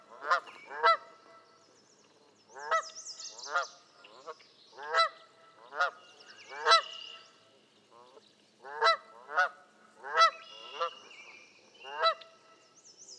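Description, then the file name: Canada goose honking in quick pairs and short runs, with brief pauses between bursts and faint high whistles behind. "kanadai lud hangja"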